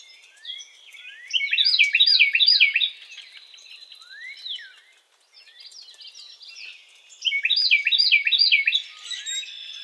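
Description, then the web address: Carolina wren song: two loud rolling strings of repeated three-note phrases a few seconds apart, with faint downward-sliding notes in between. Recorded on 4 January 2007. "Carolina Wren 2007 01 04"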